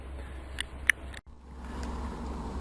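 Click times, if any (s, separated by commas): 0.9 s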